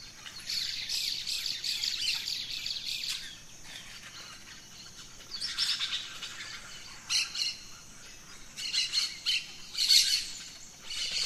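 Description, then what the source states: Birds in chorus, scattered bursts of high chirping and squawks rising and fading, with quieter spells between. Dawn chorus of birds in the rainforest, Gran Sabana, Venezuela.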